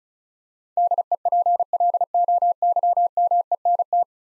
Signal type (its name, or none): Morse code